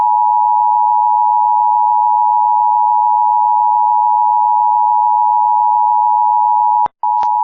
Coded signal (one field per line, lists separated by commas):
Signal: Emergency Alert System (SAME) tones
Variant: 853 and 960 Hz attention tone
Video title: EAS Mock - Flash Flood Warning With An ICE JAM